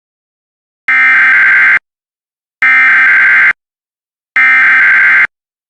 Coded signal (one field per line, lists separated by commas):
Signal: Emergency Alert System (SAME) tones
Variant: header bursts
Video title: The Blizzarnado - EAS Alerts from 3/31/2023